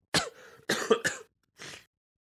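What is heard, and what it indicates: Three sharp, harsh coughs in quick succession from an adult man with a cold and a nasal voice, then a softer breathy exhale; a plain cough.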